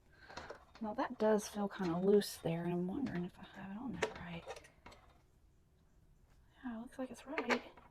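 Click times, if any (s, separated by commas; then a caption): none. A MIG welding gun's connector is being fitted into the front socket of a MIG welder while someone talks, with light handling noises in between. The connector feels loose, and nothing has seated or clicked yet.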